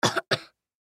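Two quick, harsh coughs from a six-year-old boy, with no background noise.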